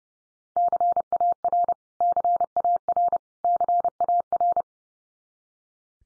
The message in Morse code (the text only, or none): CAR CAR CAR